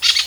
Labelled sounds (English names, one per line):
Brown-throated Parakeet contact call